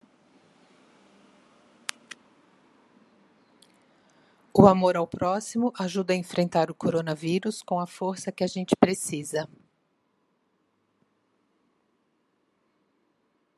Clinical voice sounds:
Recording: spoken sentence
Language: Brazilian Portuguese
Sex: female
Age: 50 to 59 years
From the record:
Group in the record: control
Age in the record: 55 years

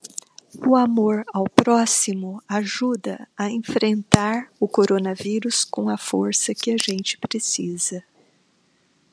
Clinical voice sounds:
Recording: spoken sentence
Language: Brazilian Portuguese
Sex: female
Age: 60 to 69 years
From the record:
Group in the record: control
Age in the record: 62 years

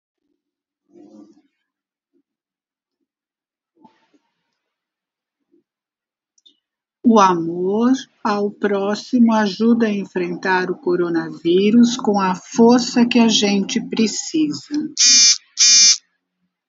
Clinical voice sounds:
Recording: spoken sentence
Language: Brazilian Portuguese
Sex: female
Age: 60 to 69 years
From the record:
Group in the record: control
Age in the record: 64 years

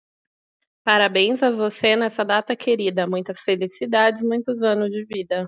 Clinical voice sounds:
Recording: short text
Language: Brazilian Portuguese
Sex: female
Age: 30 to 39 years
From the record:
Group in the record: control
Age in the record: 30 years

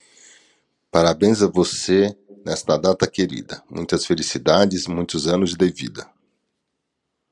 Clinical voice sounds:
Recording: short text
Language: Brazilian Portuguese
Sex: male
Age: 50 to 59 years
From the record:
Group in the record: control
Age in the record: 50 years

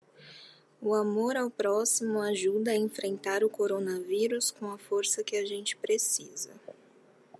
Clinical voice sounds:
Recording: spoken sentence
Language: Brazilian Portuguese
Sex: female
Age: 20 to 29 years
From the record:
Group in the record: control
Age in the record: 28 years

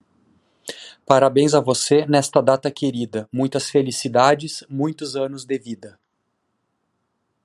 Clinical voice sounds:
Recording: short text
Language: Brazilian Portuguese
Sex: male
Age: 40 to 49 years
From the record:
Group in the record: control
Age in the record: 41 years

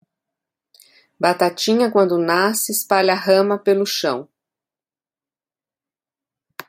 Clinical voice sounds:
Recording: short text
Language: Brazilian Portuguese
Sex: female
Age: 60 to 69 years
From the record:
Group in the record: control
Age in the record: 64 years

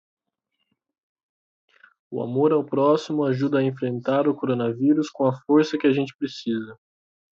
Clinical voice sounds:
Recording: spoken sentence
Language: Brazilian Portuguese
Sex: male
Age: 20 to 29 years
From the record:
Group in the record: control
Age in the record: 28 years

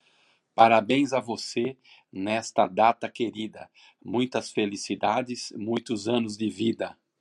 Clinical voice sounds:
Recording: short text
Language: Brazilian Portuguese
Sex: male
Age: 50 to 59 years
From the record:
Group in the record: control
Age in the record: 59 years

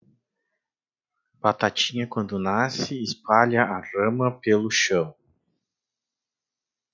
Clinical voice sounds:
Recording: short text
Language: Brazilian Portuguese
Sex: male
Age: 40 to 49 years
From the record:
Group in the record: control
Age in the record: 46 years

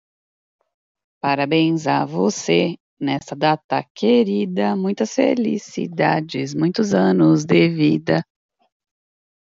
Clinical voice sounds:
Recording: short text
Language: Brazilian Portuguese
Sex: female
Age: 30 to 39 years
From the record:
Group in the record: control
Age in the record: 38 years

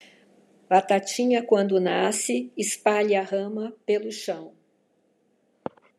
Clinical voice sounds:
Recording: short text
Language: Brazilian Portuguese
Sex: female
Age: 60 to 69 years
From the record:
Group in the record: control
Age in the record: 60 years

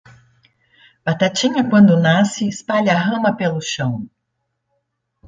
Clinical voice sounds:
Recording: short text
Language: Brazilian Portuguese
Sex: female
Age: 50 to 59 years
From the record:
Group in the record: control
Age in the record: 59 years

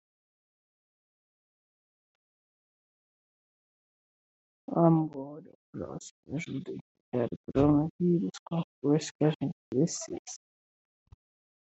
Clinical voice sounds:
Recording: spoken sentence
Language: Brazilian Portuguese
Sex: female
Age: 60 to 69 years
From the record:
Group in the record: control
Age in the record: 61 years

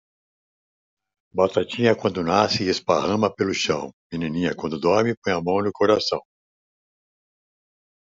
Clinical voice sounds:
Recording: spoken sentence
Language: Brazilian Portuguese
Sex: male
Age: 70 to 79 years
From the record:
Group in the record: control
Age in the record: 70 years

